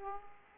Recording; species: mosquito wingbeat signal from an infrared sensor; Aedes aegypti